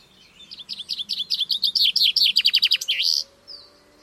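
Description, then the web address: Common chaffinch song: a quick series of bright chirping notes running into a descending rattle, then a sharp flourish, all within about three seconds. "Deverinetal 2025 File origin Bird Only Fr Co"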